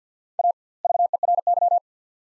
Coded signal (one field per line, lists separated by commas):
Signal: Morse code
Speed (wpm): 48 wpm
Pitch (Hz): 700 Hz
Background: none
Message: A VERY